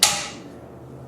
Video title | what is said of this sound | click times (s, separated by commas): Rockwell Jawhorse Portable Workstation Review | after that you want to swing out the foot pedal until it clicks | 0.0 s